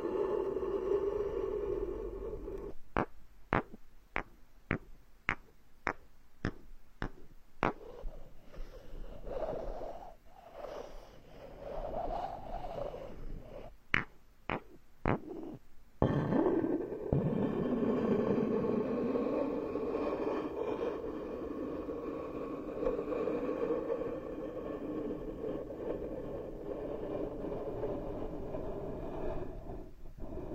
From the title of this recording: Tree Ear Picking Supreme Spa Ear Massage